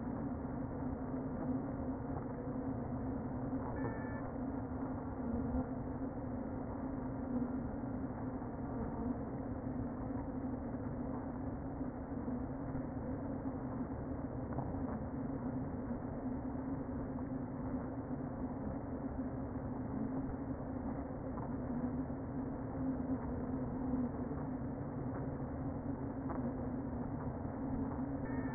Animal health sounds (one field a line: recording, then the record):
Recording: honeybee colony, microphone inside the hive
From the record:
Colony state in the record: queen present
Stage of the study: before two queens were removed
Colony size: about 60,000 bees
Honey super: yes